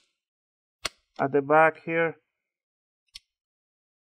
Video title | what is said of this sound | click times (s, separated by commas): Lenovo T460 Laptop Ram Upgrade Guide | and then just push it down make sure you hear those clicks | 0.9 s